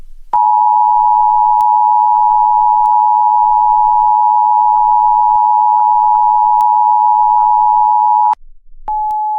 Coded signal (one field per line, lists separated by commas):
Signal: Emergency Alert System (SAME) tones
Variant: 853 and 960 Hz attention tone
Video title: EAS Mini: Phoenix In Barbados